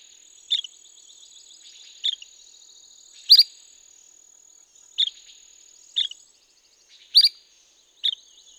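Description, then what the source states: La Sagra's flycatcher giving several short, sharp call notes at irregular intervals, over a steady high insect-like drone. Recorded on 17 May 2016.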